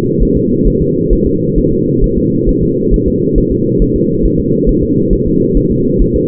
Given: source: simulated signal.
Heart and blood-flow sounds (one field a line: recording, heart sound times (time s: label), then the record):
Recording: fetal heart sounds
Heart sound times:
0.23 s: S1
0.37 s: S2
0.68 s: S1
0.82 s: S2
1.13 s: S1
1.27 s: S2
1.58 s: S1
1.73 s: S2
2.04 s: S1
2.18 s: S2
2.49 s: S1
2.63 s: S2
2.94 s: S1
3.08 s: S2
3.38 s: S1
3.52 s: S2
3.82 s: S1
3.96 s: S2
4.25 s: S1
4.40 s: S2
4.69 s: S1
4.83 s: S2
5.13 s: S1
5.27 s: S2
5.57 s: S1
5.71 s: S2
6.02 s: S1
6.16 s: S2
From the record:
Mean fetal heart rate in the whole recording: 135 bpm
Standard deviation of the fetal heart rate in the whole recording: 3 bpm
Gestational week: 36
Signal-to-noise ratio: -11.2 dB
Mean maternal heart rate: 72 bpm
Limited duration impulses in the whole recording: present